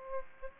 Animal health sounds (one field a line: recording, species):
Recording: mosquito wingbeat signal from an infrared sensor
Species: Aedes aegypti